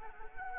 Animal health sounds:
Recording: mosquito wingbeat signal from an infrared sensor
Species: Anopheles arabiensis

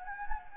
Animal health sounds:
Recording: mosquito wingbeat signal from an infrared sensor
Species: Anopheles gambiae

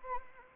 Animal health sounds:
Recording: mosquito wingbeat signal from an infrared sensor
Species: Anopheles arabiensis

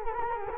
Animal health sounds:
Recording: mosquito wingbeat signal from an infrared sensor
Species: Culex quinquefasciatus

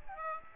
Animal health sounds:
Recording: mosquito wingbeat signal from an infrared sensor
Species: Aedes aegypti

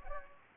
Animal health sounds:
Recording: mosquito wingbeat signal from an infrared sensor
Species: Anopheles gambiae

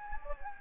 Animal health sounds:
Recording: mosquito wingbeat signal from an infrared sensor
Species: Anopheles gambiae

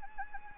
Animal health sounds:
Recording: mosquito wingbeat signal from an infrared sensor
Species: Anopheles gambiae

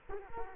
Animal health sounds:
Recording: mosquito wingbeat signal from an infrared sensor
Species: Culex quinquefasciatus

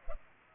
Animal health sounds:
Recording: mosquito wingbeat signal from an infrared sensor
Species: Culex pipiens

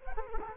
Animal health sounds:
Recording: mosquito wingbeat signal from an infrared sensor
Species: Culex quinquefasciatus

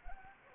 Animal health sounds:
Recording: mosquito wingbeat signal from an infrared sensor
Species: Anopheles gambiae

